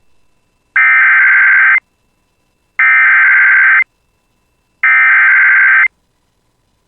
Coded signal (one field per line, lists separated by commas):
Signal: Emergency Alert System (SAME) tones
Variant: header bursts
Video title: [EAS] Severe Thunderstorm Warning for Northern Clearwater and Beltrami County (7/24/2026)